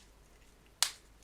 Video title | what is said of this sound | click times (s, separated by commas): ROKR Christmas Dream Gift Factory Step-by-Step Assembly Guide (Part 1) | You hear that? Nice little clicks. Oh, that is satisfying. | 0.8 s